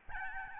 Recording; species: mosquito wingbeat signal from an infrared sensor; Aedes albopictus